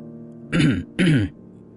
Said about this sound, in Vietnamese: Lão Lưu tự hồ như là bị nước miếng của mình làm sặc, ho khan không thôi.